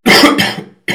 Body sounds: coughing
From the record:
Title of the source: Man Coughing Sound - Wet Cough Sound Effect

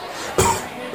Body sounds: coughing mixed with background sound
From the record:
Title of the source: Mid-morning Winter Coughing Fit

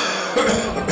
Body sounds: coughing mixed with background sound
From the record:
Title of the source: Wet Throat Infection Cough

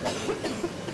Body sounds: coughing mixed with background sound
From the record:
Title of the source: 61 morning phlegmy cough...again

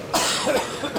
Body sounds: coughing mixed with background sound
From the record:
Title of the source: Spring Allergy Coughing

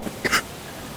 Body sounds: coughing mixed with background sound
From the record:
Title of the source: 30 Chesty and wet cough

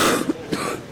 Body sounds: coughing mixed with background sound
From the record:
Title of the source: 60 coughing still (deep and wet cough)

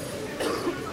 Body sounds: coughing mixed with background sound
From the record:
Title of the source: Coughing 77

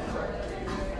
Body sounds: background sound without coughing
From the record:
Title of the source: 60 minutes of coffee shop sounds for study and concentration

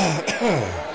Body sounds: coughing mixed with background sound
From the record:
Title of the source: Dry Afternoon Cough

